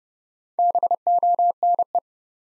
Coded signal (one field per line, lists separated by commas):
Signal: Morse code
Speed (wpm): 29 wpm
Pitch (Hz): 700 Hz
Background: none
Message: BONE